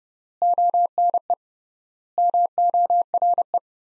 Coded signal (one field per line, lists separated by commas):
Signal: Morse code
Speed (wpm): 32 wpm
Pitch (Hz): 700 Hz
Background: none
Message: ONE MORE